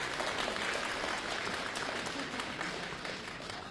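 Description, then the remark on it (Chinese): Steady audience applause at a comedy show as comedian Fang Qingping comes on stage for a Shanghai-style solo stand-up piece, a dense wash of many hands clapping at an even, fairly loud level with no voices standing out. “想不到还真有人鼓掌啊”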